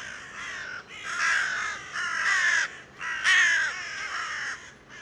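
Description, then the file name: Carrion crow cawing: several harsh, hoarse caws, each lasting most of a second, given roughly once a second. "Corvus corone"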